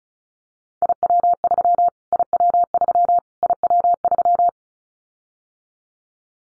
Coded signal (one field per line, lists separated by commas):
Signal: Morse code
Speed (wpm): 34 wpm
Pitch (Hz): 700 Hz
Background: none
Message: IW3 IW3 IW3